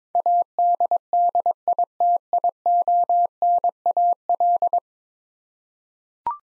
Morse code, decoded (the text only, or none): ADDITIONAL